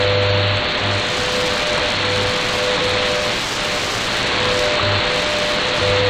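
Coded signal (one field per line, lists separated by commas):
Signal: radio time signal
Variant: WWVH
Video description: A weak WWVH on 15 Mhz. This is easily identified by the female announcer. No audio from WWV.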